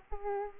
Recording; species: mosquito wingbeat signal from an infrared sensor; Culex pipiens